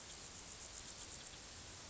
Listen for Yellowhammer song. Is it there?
no